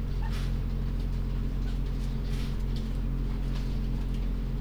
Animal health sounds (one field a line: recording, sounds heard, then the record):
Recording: poultry house recording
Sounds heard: sick chickens (respiratory disease)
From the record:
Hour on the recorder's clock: 23